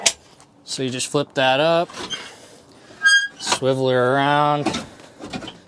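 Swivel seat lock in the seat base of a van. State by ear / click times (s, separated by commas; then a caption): seated / 5.3 s. Someone talks while flipping up the lever on the swivel seat of a Ram ProMaster 1500 van and rotating the seat around. One sharp click is heard at 5.3 s as the swivel seat lock in the seat base locks the seat into place.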